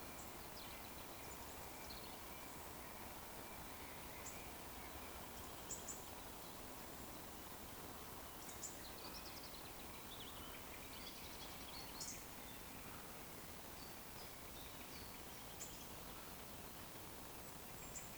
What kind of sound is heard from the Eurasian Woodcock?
whistle